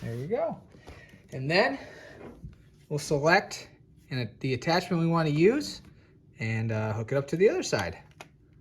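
Someone talks while handling a plastic grooming attachment for a Famree F3 Pro 6 in 1 pet grooming vacuum, getting ready to fit it onto the free end of the vacuum hose. A couple of faint taps are heard under the talking. The clip ends before the attachment goes home, so nothing has seated or clicked yet.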